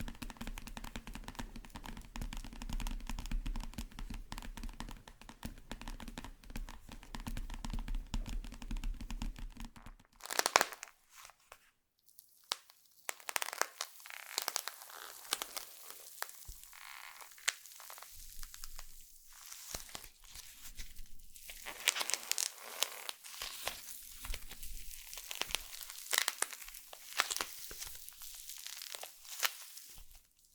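Slime being handled: the first ten seconds are a dense, steady run of fine wet crackling over a low hum. After a sharp squelch near ten seconds, quieter sticky pops, squishes and crinkly bursts come irregularly, with brief silent gaps between them.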